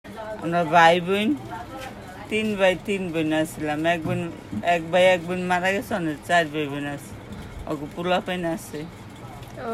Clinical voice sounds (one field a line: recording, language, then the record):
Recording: elicited speech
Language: Bengali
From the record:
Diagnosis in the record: Broca's or global aphasia after a stroke